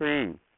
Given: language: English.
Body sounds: throat vibration sensor signal played as sound; speech

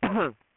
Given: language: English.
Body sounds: throat vibration sensor signal played as sound; cough

